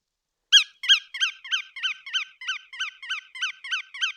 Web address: Bar tailed Godwit. صدای-گیلانشاه-حنایی